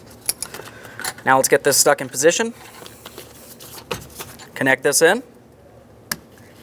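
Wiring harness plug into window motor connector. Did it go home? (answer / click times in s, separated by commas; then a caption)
yes / 6.1 s. A window motor wiring harness plug is pushed into its plastic connector inside the rear door of a 2006-10 Ford Explorer during a window regulator replacement. Someone talks amid handling noises, and the plug seats with one sharp click at 6.1 s.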